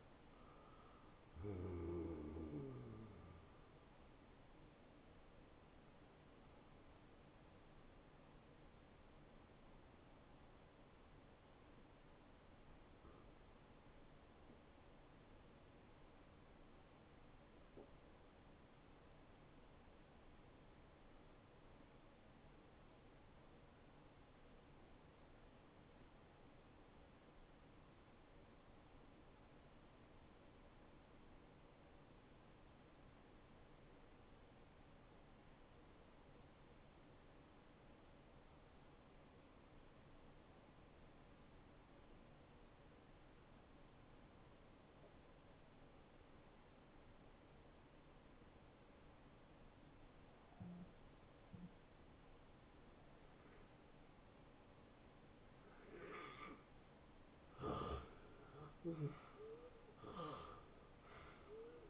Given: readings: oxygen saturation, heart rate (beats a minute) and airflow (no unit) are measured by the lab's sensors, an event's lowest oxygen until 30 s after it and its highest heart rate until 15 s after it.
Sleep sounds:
breathing in sleep by a voice recorder at the bedside; 1
11.00-57.90 s: hypopnea (N1, oxygen 96% highest, then 78% lowest, heart rate 78 at the start, 85 highest)
From the record:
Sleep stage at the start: N1 (lightest sleep); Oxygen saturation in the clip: 79 to 96%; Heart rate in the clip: 60 to 86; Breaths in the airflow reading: 9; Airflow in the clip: -15.8 to 8.4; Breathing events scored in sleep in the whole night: 263 in 5.5 hours asleep

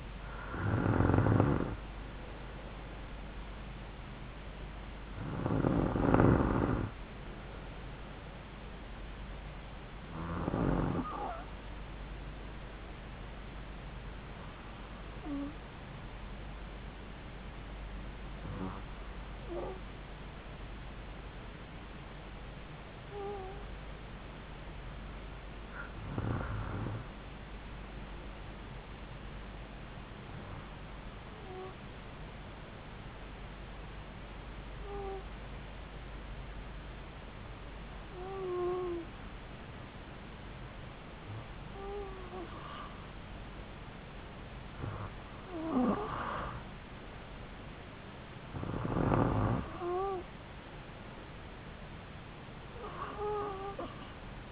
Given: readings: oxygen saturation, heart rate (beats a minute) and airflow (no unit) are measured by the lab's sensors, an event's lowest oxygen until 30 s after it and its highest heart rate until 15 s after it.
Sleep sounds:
breathing in sleep by a voice recorder at the bedside; 1
29.00-49.70 s: hypopnea (N2, oxygen 95% highest, then 92% lowest)
From the record:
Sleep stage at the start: N2 (light sleep); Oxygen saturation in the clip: 92 to 95%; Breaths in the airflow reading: 14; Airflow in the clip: -3.8 to 3.6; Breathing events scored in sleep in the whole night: 270 in 6.1 hours asleep

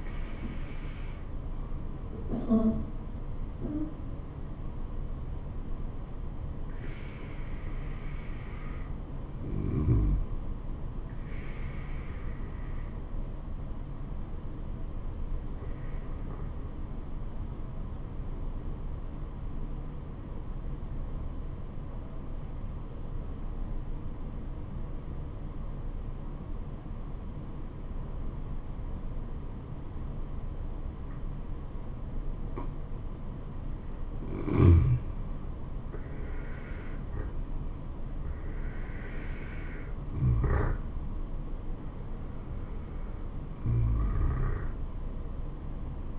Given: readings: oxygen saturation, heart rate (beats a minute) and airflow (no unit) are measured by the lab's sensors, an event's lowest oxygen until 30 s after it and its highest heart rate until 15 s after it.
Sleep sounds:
breathing in sleep by a smartphone at the bedside; 1
15.00-35.70 s: obstructive apnea (N2, oxygen 97% highest, then 89% lowest, heart rate 75 at the start, 77 highest)
From the record:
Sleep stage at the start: N2 (light sleep); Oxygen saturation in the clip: 88 to 97%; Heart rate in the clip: 69 to 80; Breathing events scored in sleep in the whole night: 426 in 7.4 hours asleep

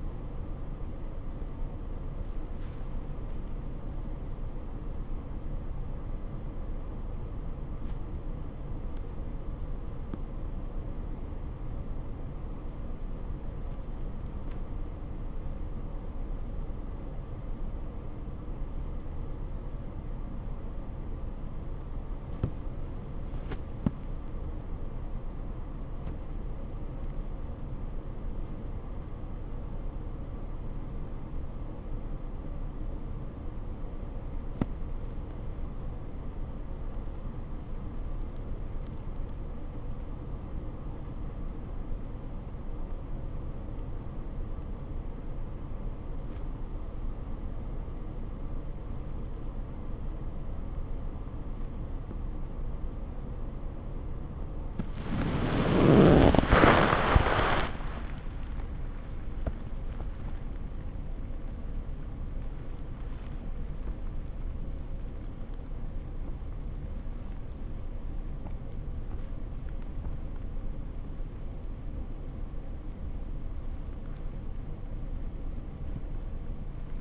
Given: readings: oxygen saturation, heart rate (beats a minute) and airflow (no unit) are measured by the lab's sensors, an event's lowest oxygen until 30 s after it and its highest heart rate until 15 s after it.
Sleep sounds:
a person awake in a sleep study, by a smartphone at the bedside; none
0.00-77.01 s: awake
From the record:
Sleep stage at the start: awake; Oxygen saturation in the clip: 95 to 96%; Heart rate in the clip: 75 to 91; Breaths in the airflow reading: 24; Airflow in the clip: -7.1 to 8.5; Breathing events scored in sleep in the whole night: 79 in 6.3 hours asleep

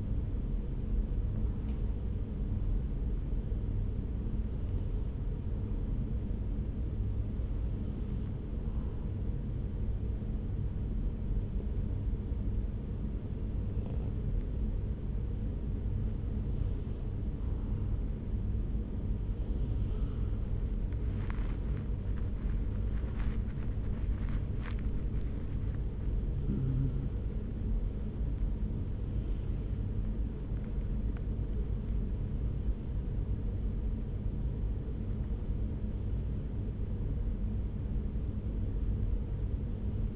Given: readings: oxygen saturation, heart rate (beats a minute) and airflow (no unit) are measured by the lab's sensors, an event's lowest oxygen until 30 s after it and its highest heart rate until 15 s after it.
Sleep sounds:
breathing in sleep by a smartphone at the bedside; 1
4.00-21.40 s: hypopnea (N1, oxygen 94% highest, then 92% lowest)
From the record:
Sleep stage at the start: N1 (lightest sleep); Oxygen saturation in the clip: 92 to 94%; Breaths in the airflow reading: 12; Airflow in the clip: -4.0 to 4.7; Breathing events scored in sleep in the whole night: 335 in 6.7 hours asleep

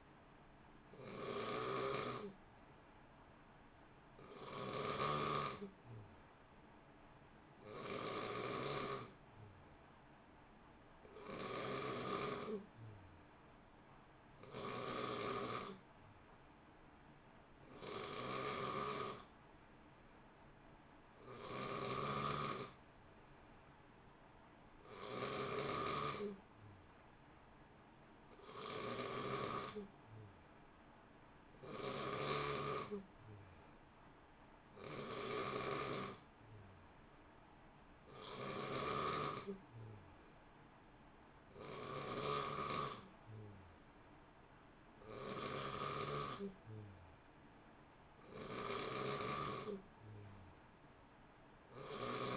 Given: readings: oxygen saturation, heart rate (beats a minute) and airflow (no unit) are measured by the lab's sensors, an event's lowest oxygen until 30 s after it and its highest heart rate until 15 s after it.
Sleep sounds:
breathing in sleep by a voice recorder at the bedside; none
none scored
From the record:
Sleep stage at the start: N3 (deep sleep); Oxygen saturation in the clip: 90 to 91%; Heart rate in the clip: 59 to 63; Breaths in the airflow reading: 16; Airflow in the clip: -0.7 to 1.0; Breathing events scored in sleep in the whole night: 328 in 6.3 hours asleep

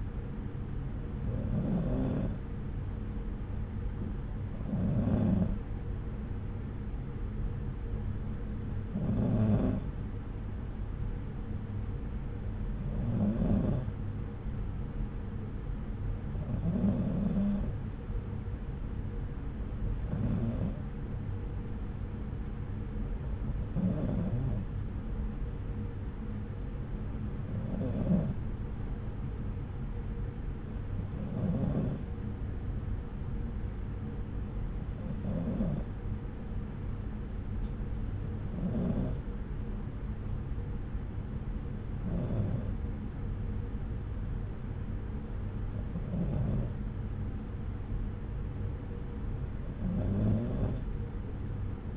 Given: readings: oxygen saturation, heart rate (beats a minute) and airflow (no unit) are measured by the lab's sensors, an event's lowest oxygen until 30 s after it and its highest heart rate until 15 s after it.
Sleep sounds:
breathing in sleep by a smartphone at the bedside; none
none scored
From the record:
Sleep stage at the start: N2 (light sleep); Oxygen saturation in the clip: 93 to 94%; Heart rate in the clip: 64 to 67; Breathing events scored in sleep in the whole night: 303 in 8.1 hours asleep

